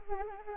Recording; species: mosquito wingbeat signal from an infrared sensor; Anopheles arabiensis